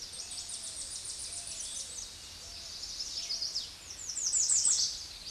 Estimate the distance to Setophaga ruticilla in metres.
about 10 m